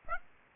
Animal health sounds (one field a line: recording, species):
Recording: mosquito wingbeat signal from an infrared sensor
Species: Aedes aegypti